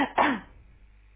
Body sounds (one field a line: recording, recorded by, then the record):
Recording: voluntary cough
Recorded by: telephone call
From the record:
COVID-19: negative